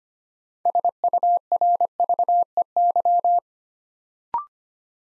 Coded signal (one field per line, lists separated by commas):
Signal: Morse code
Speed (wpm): 25 wpm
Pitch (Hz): 700 Hz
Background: none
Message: SURVEY